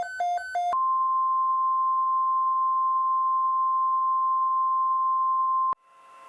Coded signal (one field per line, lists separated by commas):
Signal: Emergency Alert System (SAME) tones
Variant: 1050 Hz attention tone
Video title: EAS Scenario #1 - Nature's Wrath